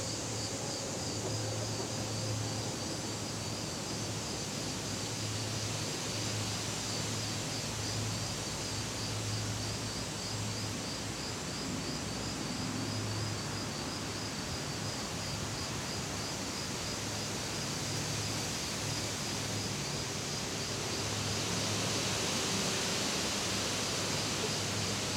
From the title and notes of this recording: Catskills, Outdoor Dusk 1 by Bandeto.